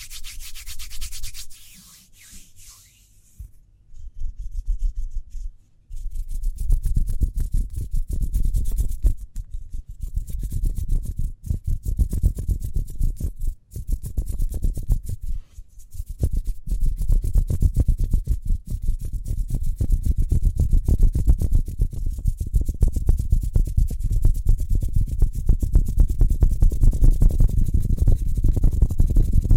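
Speedy hand sounds: quick, dense rubbing and brushing strokes, low and papery, starting hesitantly, then running almost continuously after six seconds.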